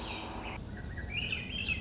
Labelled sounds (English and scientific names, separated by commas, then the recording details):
Swainson's Thrush (Catharus ustulatus)
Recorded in Sonoma County, California